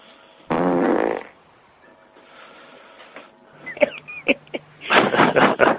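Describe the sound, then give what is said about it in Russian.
A loud, raspy fart into a telephone receiver bursts out for about half a second, followed by quieter rustling, a few sharp clicks and a burst of muffled laughter from two people. “И все, в трубку пернул, смеются вдвоем.”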